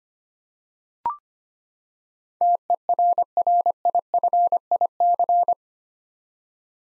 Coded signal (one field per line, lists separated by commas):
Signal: Morse code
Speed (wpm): 25 wpm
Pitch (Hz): 700 Hz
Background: none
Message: TERRIFIC